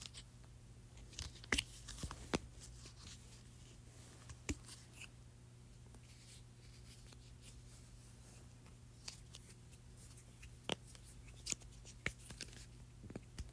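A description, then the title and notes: A mini hand sanitizer bottle is handled, giving scattered sharp clicks and light plastic taps, clustered around the start and again near the end. Faint rustling fills the gaps, and a steady low hum runs underneath the whole time. ASMR Mini Hand Sanitizer.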